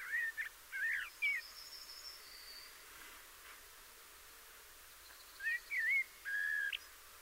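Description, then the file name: Eurasian blackbird giving two fluted, slurred phrases, one at the start and one after a four-second pause, the second ending in a held whistle. "Turdus merula"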